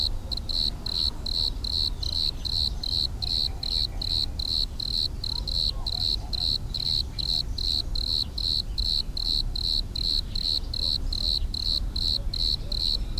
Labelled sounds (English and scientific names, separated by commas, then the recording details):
Bordeaux Cricket (Eumodicogryllus bordigalensis) stridulation
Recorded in the wild
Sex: male
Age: imago
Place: Arles, Provence, Provence-Alpes-Côte d'Azur, FR
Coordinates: 43.6517, 4.62833
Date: 1994-05-17
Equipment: Sony TCD-D3, 2 Sennheiser MKE 2 in Doppelreflektoren (Eigenbau)
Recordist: Krey, Winfried
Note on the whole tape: Stridulation